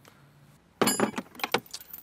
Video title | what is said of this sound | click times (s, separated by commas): Feral Hog Trap Setup | rotary latch just push it until it clicks all the way up and it'll lock itself in place | 0.8 s